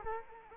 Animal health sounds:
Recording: mosquito wingbeat signal from an infrared sensor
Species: Culex quinquefasciatus

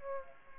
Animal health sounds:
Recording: mosquito wingbeat signal from an infrared sensor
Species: Aedes aegypti

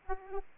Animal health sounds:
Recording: mosquito wingbeat signal from an infrared sensor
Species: Aedes aegypti

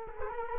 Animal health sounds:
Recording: mosquito wingbeat signal from an infrared sensor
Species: Culex quinquefasciatus

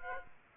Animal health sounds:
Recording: mosquito wingbeat signal from an infrared sensor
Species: Aedes aegypti

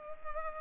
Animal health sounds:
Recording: mosquito wingbeat signal from an infrared sensor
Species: Culex pipiens

